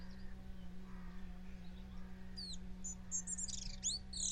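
Bird calls: short high chirps and downslurred notes cluster in the second half, over a steady low hum.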